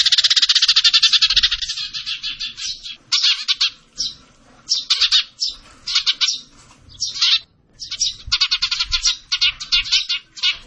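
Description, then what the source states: Bird singing in energetic bursts: fast buzzy trills and chattering phrases broken by short pauses, with the pace varying from one burst to the next. Indonesian masteran (training) song of a bird singing energetically (gacor), tembakan style.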